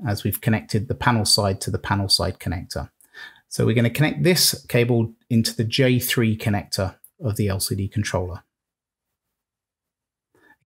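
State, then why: Not seated. An LVDS cable connector is lined up at the J3 header of an LCD controller board, with its pins being located before it is pushed home. Someone talks throughout, then the clip goes quiet with only a faint sound near 10.5 seconds. Nothing has seated or clicked yet.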